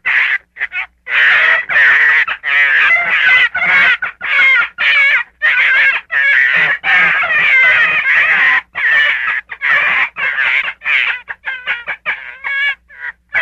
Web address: Fox -Gray